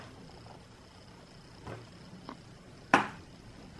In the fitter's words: Yep, it clicked there.